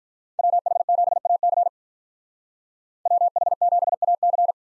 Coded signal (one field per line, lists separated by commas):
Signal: Morse code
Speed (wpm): 46 wpm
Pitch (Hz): 700 Hz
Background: none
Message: WH7AC WH7AC